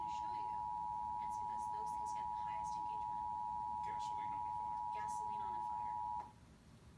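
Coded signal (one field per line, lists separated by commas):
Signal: Emergency Alert System (SAME) tones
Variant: 853 and 960 Hz attention tone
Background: speech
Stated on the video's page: Local Required Monthly Test sent by state emergency management for an operational area.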